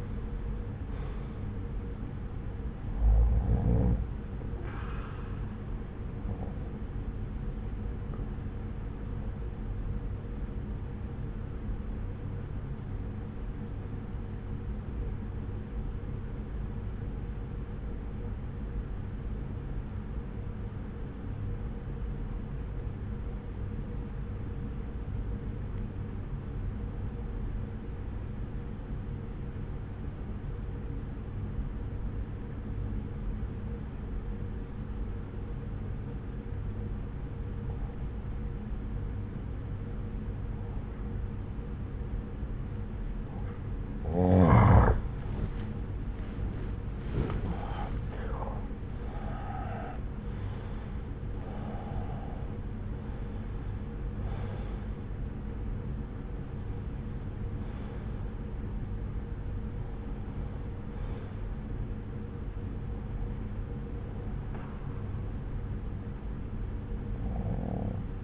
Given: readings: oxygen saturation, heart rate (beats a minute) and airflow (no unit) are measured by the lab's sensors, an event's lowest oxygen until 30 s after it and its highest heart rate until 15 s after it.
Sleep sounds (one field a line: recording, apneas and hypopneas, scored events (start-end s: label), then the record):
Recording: breathing in sleep by a smartphone at the bedside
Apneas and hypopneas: 1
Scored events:
13.00-45.70 s: obstructive apnea (N1, oxygen 95% highest, then 85% lowest, heart rate 60 at the start, 81 highest)
From the record:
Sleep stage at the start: N1 (lightest sleep)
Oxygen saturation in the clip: 84 to 95%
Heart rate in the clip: 59 to 81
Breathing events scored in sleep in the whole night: 303 in 8.1 hours asleep